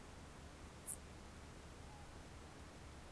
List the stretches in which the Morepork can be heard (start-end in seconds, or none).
1.84-2.60